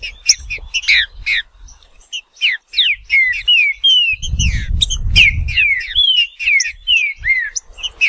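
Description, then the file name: Green-winged saltator whistling a lively series of slurred notes, mostly falling, with a brief burst of low rumbling noise. "canto do trinca ferro"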